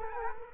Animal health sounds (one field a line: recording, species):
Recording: mosquito wingbeat signal from an infrared sensor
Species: Culex quinquefasciatus